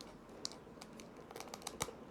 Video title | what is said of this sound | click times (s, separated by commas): FINAL FORM! Age of Apocalypse COLOSSUS BAF Complete! - Marvel Legends Review | There you go. Once you hear the pop, you're good. | 0.4 s, 1.8 s